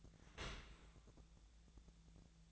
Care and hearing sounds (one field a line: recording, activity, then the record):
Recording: daily activity, microphone in the room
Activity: open dishwasher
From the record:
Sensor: 3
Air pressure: 1000.5 hPa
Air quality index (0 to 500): 176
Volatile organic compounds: 3 ppm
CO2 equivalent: 1526 ppm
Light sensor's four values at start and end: 13/36/14/15 and 13/35/14/15